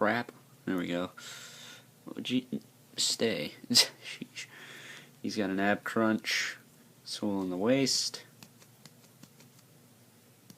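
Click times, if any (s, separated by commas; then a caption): 8.4 s, 8.9 s. Someone talks while moving the loose plastic ab crunch joint at the waist of a DC Universe Classics Wave 5 Black Lightning action figure. Sharp small clicks come at 8.4 s and 8.9 s as the joint clicks into place.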